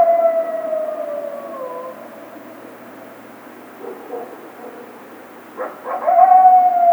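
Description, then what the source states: Coyote howl ending in a long downward slide, a quiet stretch with soft yips, then sharp yips rising into a new drawn-out howl. Howling, recorded 28 March 2010.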